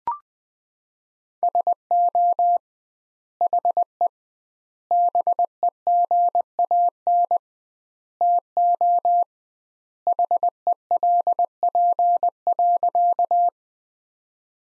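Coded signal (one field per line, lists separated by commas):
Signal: Morse code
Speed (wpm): 20 wpm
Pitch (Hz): 700 Hz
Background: none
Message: SO HE BEGAN TO HELP.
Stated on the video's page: Practice sentences from the top 300 words sent at 20 wpm with twice standard word spacing, a Farnsworth-like copying drill.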